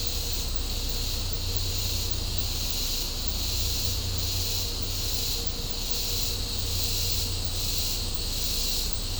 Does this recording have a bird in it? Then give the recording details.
no. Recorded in secondary vegetation near Puerto Asís, Putumayo, Colombia, on 18 December 2024 at 11:00. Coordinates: 0.502, -76.326. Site G028